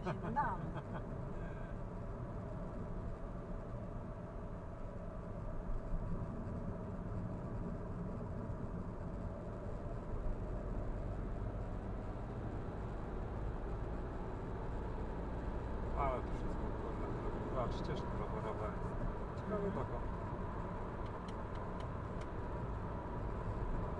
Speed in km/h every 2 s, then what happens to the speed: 60, 60, 60, 60, 60, 65, 72, 79, 86, 91, 92, 92.
0-8 steady at about 60. 8-17 speeds up to 91. 17-24 steady at about 92.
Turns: none.